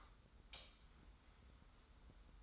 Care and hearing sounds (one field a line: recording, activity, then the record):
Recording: daily activity, microphone in the room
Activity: light off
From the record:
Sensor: 3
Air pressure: 991.0 hPa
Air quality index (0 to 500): 115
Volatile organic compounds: 74 ppm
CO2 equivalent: 3556 ppm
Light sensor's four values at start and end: 39/95/38/36 and 36/86/35/33